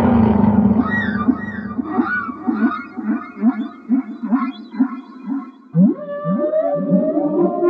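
Whale song: low droning moans, then a rhythmic run of short arched grunts about twice a second, ending in rising swoops and wavering tones.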